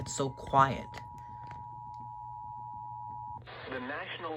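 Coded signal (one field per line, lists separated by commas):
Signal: Emergency Alert System (SAME) tones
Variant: 853 and 960 Hz attention tone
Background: speech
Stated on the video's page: Severe Thunderstorm Warning for blowing dust, relayed by the station.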